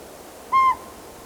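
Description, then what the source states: Northern Pygmy-Owl sounding one pure, steady whistled note, short and evenly pitched, otherwise near silence. Pygmy owl calling again on June 25, 1997, at Pearson Creek, 4,000 feet, Ochoco Mountains, Crook County, Oregon.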